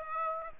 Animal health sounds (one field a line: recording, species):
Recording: mosquito wingbeat signal from an infrared sensor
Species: Aedes aegypti